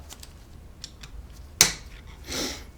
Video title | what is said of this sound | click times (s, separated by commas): Motorcycle rear shock service (Suzuki DR650) | And you hear a nice snap when it goes in. | 1.6 s